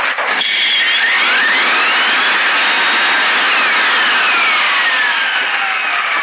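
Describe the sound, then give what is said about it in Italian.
A Folletto vacuum cleaner motor runs loudly and continuously, a harsh whooshing roar with a high whine that slowly rises and falls in pitch, with no voices. “scusate, devo chiudere questo folletto, sembra che funziona, mi senti qua, guarda, prima non andava”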